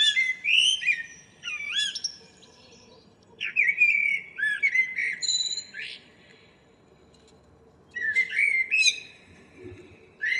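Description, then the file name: Common blackbird song: rich, looping whistled phrases with high squeaky endings, three phrases spaced by quiet pauses. "Turdus merula"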